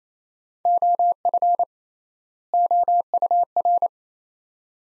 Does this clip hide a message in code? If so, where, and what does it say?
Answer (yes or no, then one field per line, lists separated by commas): yes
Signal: Morse code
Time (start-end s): 0.7-3.9 s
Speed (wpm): 28 wpm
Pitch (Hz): 700 Hz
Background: none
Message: OF OUR